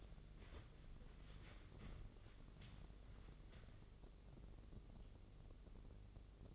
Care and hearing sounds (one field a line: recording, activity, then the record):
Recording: daily activity, microphone in the room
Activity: wipe stove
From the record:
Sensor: 4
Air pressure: 1013.2 hPa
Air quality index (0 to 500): 174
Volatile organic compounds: 2 ppm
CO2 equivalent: 1100 ppm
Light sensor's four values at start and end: 98/247/102/108 and 98/246/101/107